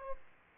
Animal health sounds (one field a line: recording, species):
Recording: mosquito wingbeat signal from an infrared sensor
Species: Aedes aegypti